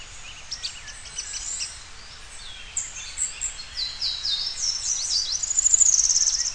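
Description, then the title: Bird song of rapid high chirps and buzzy descending notes, growing louder and denser toward the end, over a steady low background hiss. "LuckyPassaro Completos2Sama"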